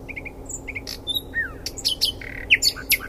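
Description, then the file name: Common nightingale song: a varied jumble of short whistles, buzzy notes and sharp high chips, irregular and moderately loud, with a quiet steady background. "Luscinia megarhynchos"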